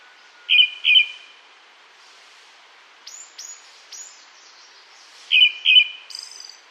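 Tickell's thrush calls: paired buzzy notes near the start and end, with softer descending sweeps in between and a brief high note at the close.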